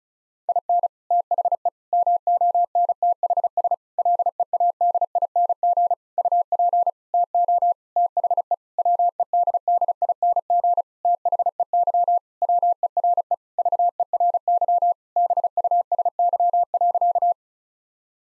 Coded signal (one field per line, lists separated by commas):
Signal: Morse code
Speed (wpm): 34 wpm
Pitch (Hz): 700 Hz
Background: none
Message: IN THE MONTHS LEADING UP TO THE WEDDING THEY WERE VERY BUSY.